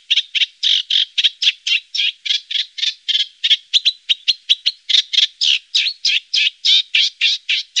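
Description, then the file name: Eurasian reed warbler giving a rapid, churring song of grating notes repeated several times a second, loud and unbroken for the whole stretch. "Rorsangare"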